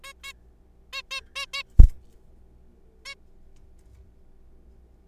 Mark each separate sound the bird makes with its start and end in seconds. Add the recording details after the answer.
0.04-0.13, 0.24-0.32, 0.93-1.02, 1.11-1.21, 1.36-1.46, 1.53-1.63, 3.06-3.15. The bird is a juvenile. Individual R3428